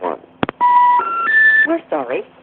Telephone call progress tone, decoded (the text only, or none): special information tone